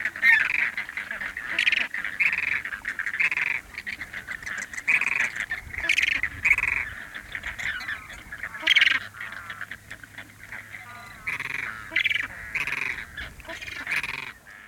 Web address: Charlie Atanasyan - Chile sound library by Faunethic. Flamingo birds in large perspective light wind gust